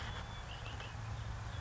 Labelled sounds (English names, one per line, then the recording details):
Red-winged Blackbird
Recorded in Sonoma County, California